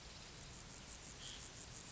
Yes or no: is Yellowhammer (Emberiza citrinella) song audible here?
no